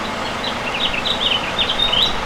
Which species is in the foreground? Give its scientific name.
Haemorhous mexicanus